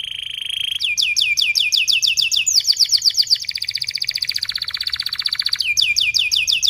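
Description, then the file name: Canary song: a steady buzzy note, then long rolling trains of fast falling chirps, shifting into a tighter rattling trill and back to chirps. Canary song described as gacor, fast and tightly packed chirping with sharp rolling phrases. "Suara Kenari Gacor Speed Rapat Cuit Cuit Ngerol Tajam"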